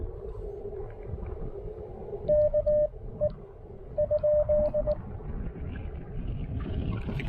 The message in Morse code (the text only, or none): KE ?